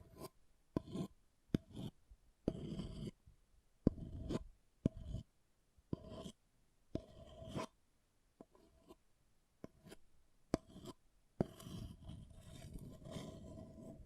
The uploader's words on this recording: ASMR Brain Melting Object Scratching (No Talking).